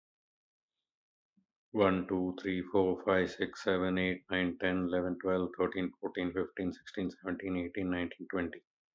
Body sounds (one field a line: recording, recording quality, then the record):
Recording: counting at a fast pace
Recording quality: excellent, no background noise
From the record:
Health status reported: healthy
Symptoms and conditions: hypertension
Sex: male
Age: 50 years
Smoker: not ticked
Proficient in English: yes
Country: India